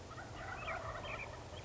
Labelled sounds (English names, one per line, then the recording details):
Wild Turkey
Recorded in Sonoma County, California